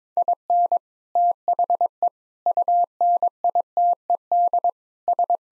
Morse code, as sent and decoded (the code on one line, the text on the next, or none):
.. -. / - .... . / ..- -. .. - . -.. / ...
IN THE UNITED S